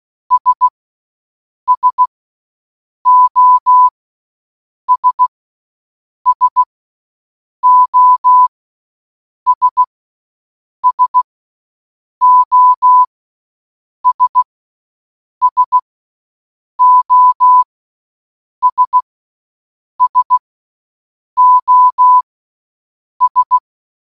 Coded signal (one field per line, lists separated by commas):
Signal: Morse code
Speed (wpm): 16 wpm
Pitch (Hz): 1000 Hz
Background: none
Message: S SOS SOS SOS SOS SOS